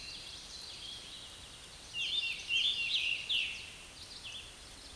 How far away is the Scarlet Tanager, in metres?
about 25 m